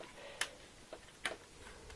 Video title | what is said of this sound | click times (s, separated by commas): How to Open Up Samsung Series 7 Ultra for Upgrades | there and then I'm bumping into another tab I can feel it and when I release it you can hear the clicky clack sound it makes | 0.4 s, 1.3 s